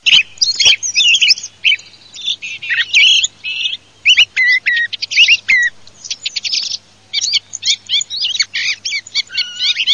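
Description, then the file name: Thrush song, a fast string of high, varied chirping and whistled phrases, some briefly repeated, broken by short pauses throughout. "tordozalo"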